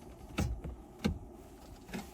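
The top bar of an AX8500/9500ES radio dash kit bracket, fitted for a Sony 10.1-inch radio upgrade in a 2009–2012 Dodge Ram 1500/2500/3500, is slid into a groove in the truck's metal dash frame. Short, sharp clicks and knocks are heard, with the bracket clicking into place at about 1.1 s. The bracket is seated in the groove and can no longer move around.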